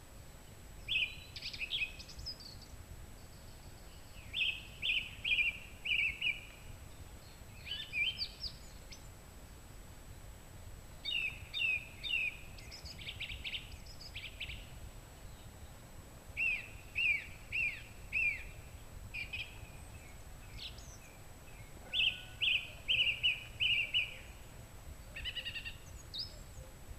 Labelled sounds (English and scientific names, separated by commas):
Song Thrush (Turdus philomelos) song